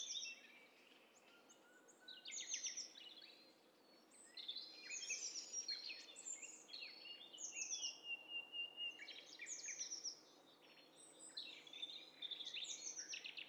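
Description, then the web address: Birds calling in a dense overlapping chorus, many high chirps, trills and descending whistles crowding together in bursts, with a faint low hum beneath. Stereo; several birds calling at once. "Hi Fi STEREO BIRD COCKTAIL PARTY Challenge"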